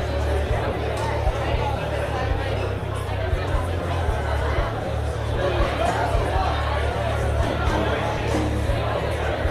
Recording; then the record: background sound without coughing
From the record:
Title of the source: CITY SOUNDS Busy Bar in the Evening Night - 2 HOURS of Ambiance for Relaxation